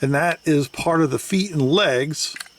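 Someone talks while handling the yellow plastic leg and foot parts of a 2023 DC Super Friends Jollibee transforming collectible robot figure, pulling them out. The speech continues throughout with no distinct clicks, and nothing has seated or clicked into place yet.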